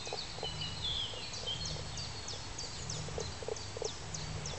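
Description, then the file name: Common spadefoot giving short, low knocking notes in small clusters, with bright chirping and whistling birds above throughout. "Pelobates fuscus"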